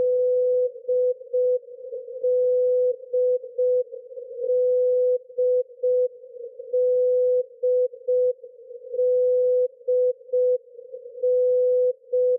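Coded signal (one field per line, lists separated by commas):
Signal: channel marker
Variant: D marker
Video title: Russian "D Marker" at 13527 kHz in CWN mode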